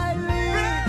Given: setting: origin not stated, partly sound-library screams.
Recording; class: one-second piece from a danger detection set; normal situation